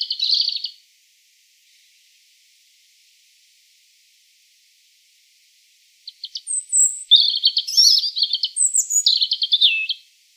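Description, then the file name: European robin song: a short high trill, several seconds of quiet, then a longer phrase mixing thin whistles and fast sparkling twitters. "Erithacus rubecula"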